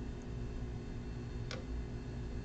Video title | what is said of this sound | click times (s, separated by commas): Microscope Pre-Lab Video | hear it it clicks into place you will | 1.5 s